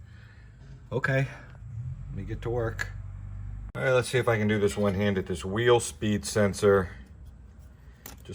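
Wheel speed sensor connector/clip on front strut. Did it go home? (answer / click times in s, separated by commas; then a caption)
released / 8.1 s. Someone talks while working one-handed on the plastic wheel speed sensor connector clip on the front strut of a 2009 Lexus RX350, serviced for a noise in the steering wheel. A sharp click at 8.1 s is followed by smaller ticks as the connector pops off and is released.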